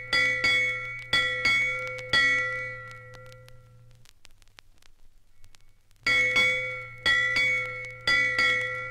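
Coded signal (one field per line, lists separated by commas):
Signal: ship's bell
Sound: a ship's bell struck in paired rings, a pause, then more paired strikes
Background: record surface noise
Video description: 1. Ship's Bell - 1 to 8 Bells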